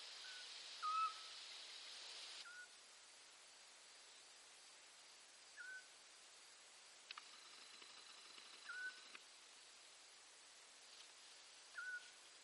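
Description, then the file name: Eurasian scops owl giving short, soft whistled notes, several in all, mostly about three seconds apart, over a quiet background hiss. "Autillo europeo Otus scops"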